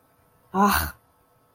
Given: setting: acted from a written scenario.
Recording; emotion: vocal sound without words; anger